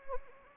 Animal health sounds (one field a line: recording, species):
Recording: mosquito wingbeat signal from an infrared sensor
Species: Anopheles arabiensis